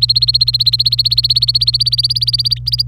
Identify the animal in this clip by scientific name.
Serinus canaria